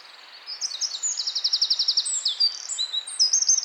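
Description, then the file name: Eurasian wren song, a loud, hurried string of high metallic trills and buzzy rattles that shifts pitch several times without pause. "Troglodytes troglodytes"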